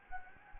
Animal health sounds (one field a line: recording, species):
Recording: mosquito wingbeat signal from an infrared sensor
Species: Anopheles gambiae